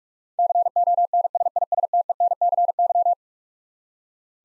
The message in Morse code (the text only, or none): CONSISTENCY